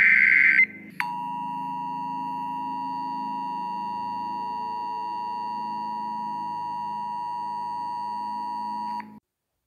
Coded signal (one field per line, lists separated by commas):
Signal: Emergency Alert System (SAME) tones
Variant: 853 and 960 Hz attention tone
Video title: EAS SCENARIO: KADEDE AKAMATSU'S EXECUTION GONE BURTAL (13+) (MUSIC AND VID GOES TO THE OWNER)